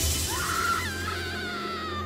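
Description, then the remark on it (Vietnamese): An eerie, ghostly woman's scream like a demon's howl, high and wavering, drawn out for about two seconds over a steady low drone, with no talking. “Dương Ái Lan đột ngột hét lên một tiếng quỷ tru”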